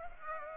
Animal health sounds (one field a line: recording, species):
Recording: mosquito wingbeat signal from an infrared sensor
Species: Aedes aegypti